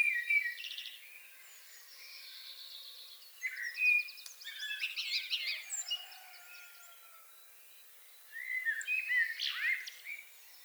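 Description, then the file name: Common blackbird giving several fluty, warbled phrases mixed with high, thin twitters, with a pause before the last phrase. "Turdus merula"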